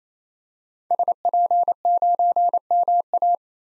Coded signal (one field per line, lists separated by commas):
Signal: Morse code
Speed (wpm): 28 wpm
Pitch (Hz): 700 Hz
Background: none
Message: SP9MA